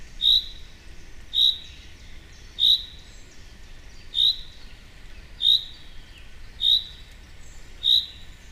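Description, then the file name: Common chaffinch calling: a short, sharp, high note repeated seven times at steady intervals of a little over a second, with faint background hiss. "Fringilla coelebs"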